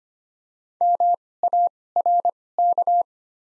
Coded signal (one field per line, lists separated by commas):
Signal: Morse code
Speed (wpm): 25 wpm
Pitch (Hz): 700 Hz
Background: none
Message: MARK